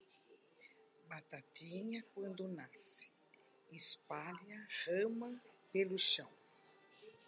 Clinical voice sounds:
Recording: short text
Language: Brazilian Portuguese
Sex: female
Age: 60 to 69 years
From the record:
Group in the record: control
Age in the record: 62 years

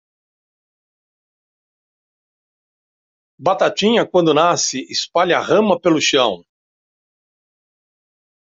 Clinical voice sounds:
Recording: short text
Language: Brazilian Portuguese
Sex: male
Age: 60 to 69 years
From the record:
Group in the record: control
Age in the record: 69 years

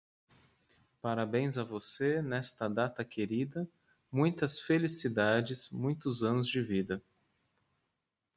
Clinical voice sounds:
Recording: short text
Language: Brazilian Portuguese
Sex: male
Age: 30 to 39 years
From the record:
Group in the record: control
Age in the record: 38 years

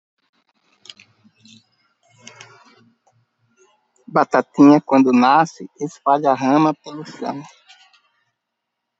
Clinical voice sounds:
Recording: short text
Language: Brazilian Portuguese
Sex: male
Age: 50 to 59 years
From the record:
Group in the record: control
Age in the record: 55 years

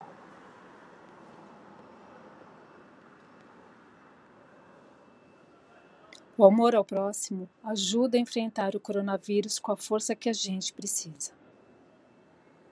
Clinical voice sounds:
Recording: spoken sentence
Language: Brazilian Portuguese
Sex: female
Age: 50 to 59 years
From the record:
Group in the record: control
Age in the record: 59 years

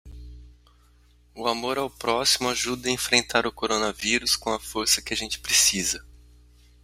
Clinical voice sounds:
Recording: spoken sentence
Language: Brazilian Portuguese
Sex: male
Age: 40 to 49 years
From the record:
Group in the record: control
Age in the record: 42 years

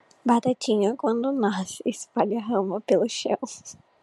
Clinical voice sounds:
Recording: short text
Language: Brazilian Portuguese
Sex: female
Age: 18 to 19 years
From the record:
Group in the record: control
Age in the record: 19 years

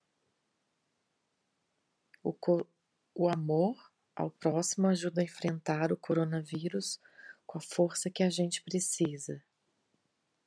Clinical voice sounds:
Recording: spoken sentence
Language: Brazilian Portuguese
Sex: female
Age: 40 to 49 years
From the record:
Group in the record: control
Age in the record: 48 years

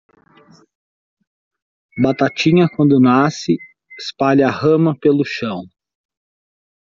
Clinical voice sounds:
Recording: short text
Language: Brazilian Portuguese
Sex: male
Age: 40 to 49 years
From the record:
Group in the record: control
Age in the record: 42 years

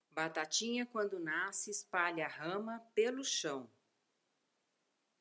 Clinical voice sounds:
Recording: short text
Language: Brazilian Portuguese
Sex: female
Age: 50 to 59 years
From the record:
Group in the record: control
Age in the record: 59 years

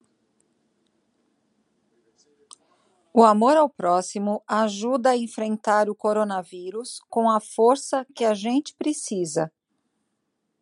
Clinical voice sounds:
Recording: spoken sentence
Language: Brazilian Portuguese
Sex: female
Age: 50 to 59 years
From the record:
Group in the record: control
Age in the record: 50 years

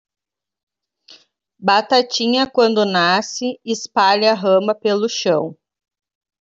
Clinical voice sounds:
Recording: short text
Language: Brazilian Portuguese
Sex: female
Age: 30 to 39 years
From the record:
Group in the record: control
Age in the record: 39 years

